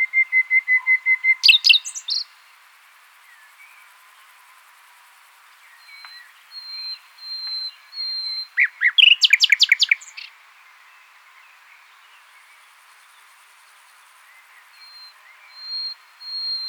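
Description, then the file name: Common nightingale song phrases: a quick run of repeated notes, a pause, thin high whistles, a loud burst of rapid notes, then more high whistles. "Luscinia megarhynchos"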